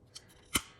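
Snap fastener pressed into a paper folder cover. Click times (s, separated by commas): 0.6 s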